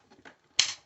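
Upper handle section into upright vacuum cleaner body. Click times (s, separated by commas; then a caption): 0.6 s. The upper handle section of a Shark Navigator Pro Swivel Pet upright vacuum with brushroll cleaner is slid down onto the plastic body, with faint sliding and scraping sounds at about 0.1 to 0.3 s. A single sharp, loud click at 0.6 s confirms that the handle section has snapped and locked into place.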